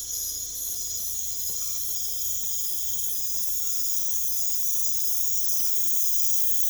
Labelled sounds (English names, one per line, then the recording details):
none
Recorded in pastures near Puerto Asís, Putumayo, Colombia, on 21 December 2024 at 22:00
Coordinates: 0.487, -76.322
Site GP09